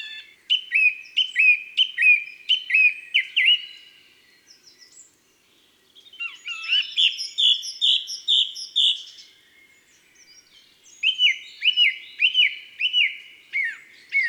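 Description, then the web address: Song thrush song of clear whistled and chirping phrases, each repeated several times before switching to a new motif. February. "Fevrier La Grive musicienne. les-4-saisons-des-chants-doiseaux"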